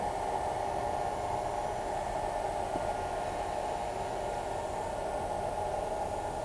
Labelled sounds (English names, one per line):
none